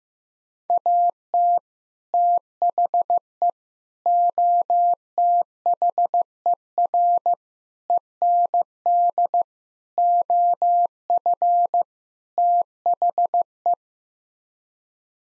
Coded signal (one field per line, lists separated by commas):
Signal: Morse code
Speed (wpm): 15 wpm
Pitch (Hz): 700 Hz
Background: none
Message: AT THE OTHER END OF THE